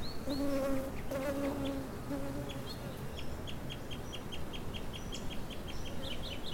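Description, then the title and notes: Bees hum at first, then a bird repeats a quick series of high chirps while others call faintly. Bees pollinating a perpetual-blooming Echium candicans (pride of Madeira) shrub in a Laurel Canyon garden, Hollywood hills; live iPhone recording via Shure MOTIV MV88. "Canyon Bees, Birds, and a Chicken. Bees pollinate a perpetual-blooming Echium Candicans ("pride of Madeira") flowering shrub in our Laurel Canyon Garden"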